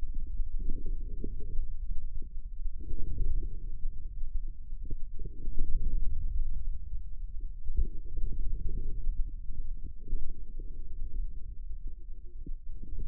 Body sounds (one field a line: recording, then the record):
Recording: forearm muscle sounds (acoustic myography)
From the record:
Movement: inward rotation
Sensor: system 2, bracelet of six BSWA MPA416 microphones around the upper forearm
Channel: 6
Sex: male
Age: 22 years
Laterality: right